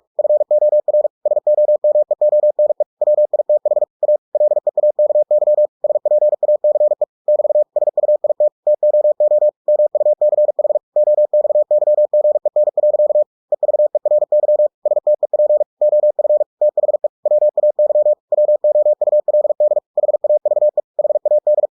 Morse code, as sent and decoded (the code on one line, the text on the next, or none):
..-. --- .-. / ... --- -- . --- -. . / .-- .. - .... / .- / .-.. . .- -.- -.-- / ... .--. .- -.-. . / -...- / ... ..- .. - / - --- --- / -- ..- -.-. .... / --- -..- -.-- --. . -. .-.-.- / . ...- . .-. -.-- / ... - . .--. / --- ..-. / - .... . / .-- .- -.-- / .-- --- ..- .-.. -.. / .... .- ...- . / .... .- -..
FOR SOMEONE WITH A LEAKY SPACE <BT> SUIT TOO MUCH OXYGEN. EVERY STEP OF THE WAY WOULD HAVE HAD